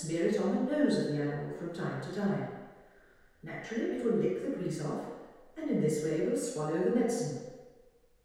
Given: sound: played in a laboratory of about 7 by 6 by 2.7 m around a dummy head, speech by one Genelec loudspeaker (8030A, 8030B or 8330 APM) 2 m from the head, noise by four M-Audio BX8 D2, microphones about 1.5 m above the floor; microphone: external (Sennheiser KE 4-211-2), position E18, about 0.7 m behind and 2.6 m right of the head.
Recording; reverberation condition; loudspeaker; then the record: female speech in English; high; 60 degrees to the left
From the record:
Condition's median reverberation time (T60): about 1300 ms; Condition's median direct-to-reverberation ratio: about -4.0 dB